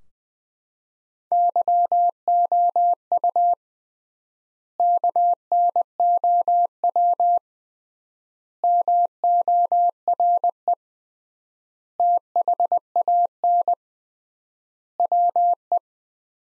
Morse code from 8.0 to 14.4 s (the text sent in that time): MORE THAN